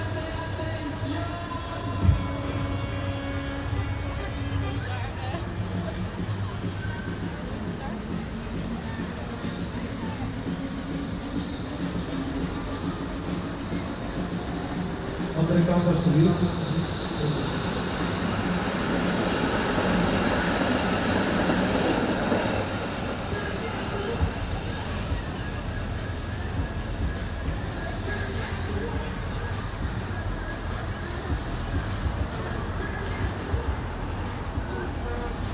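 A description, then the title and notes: Koningsdag street celebration with a steady wash of crowd chatter and voices throughout. A low rumbling hum runs underneath, swelling into a louder, brighter rush around sixteen to twenty-three seconds, with a sharp knock near two seconds and scattered tones from a fair. Kingsday/Koningsdag Lange Vijverberg Den Haag. The annual Dutch celebration of Koningsdag (Kingsday) with markets, a fair and many different events.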